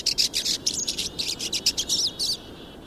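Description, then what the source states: Pine Siskin flock, dense high twittering and buzzy chirps in quick overlapping bursts, then falling quiet near the end. Flock at a thistle feeder; irruptive migration, movements depending on food and habitat, staying in lower latitudes when boreal conifer seeds are scarce.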